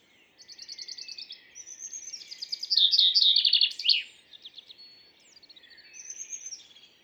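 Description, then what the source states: Common Chaffinch song: a series of bright notes descending into a flourish, with other thin high notes after it. Very active on the morning of 2 June 2019 at La carrière, Lesches-en-Diois, in the same tree as a Western Bonelli's Warbler; Mixpr3 with mkh40, stereo.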